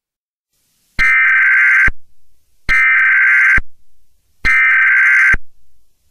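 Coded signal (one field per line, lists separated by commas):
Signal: Emergency Alert System (SAME) tones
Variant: header bursts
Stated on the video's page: Fictional EAS scenario about World War 3, not a real alert.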